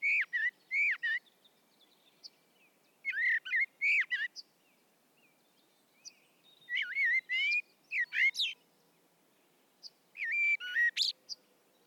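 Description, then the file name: Common blackbird song, repeated fluted phrases about every three to four seconds, each sliding whistles followed by a squeaky high flourish; faint steady hiss underneath. "Turdus merula"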